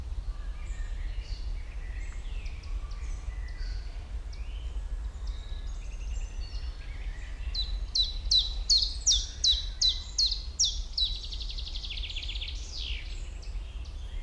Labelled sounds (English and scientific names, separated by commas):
Common Chiffchaff (Phylloscopus collybita)